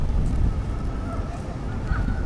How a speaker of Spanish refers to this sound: Está venteando un poco a esta hora.